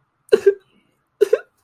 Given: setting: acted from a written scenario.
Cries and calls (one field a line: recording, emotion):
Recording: vocal sound without words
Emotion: sadness